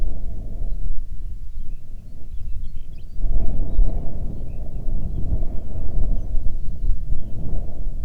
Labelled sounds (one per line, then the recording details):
songbird
wind
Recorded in the Prudhoe Bay oil fields, Alaska, on 9 June 2019 at 17:08
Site 21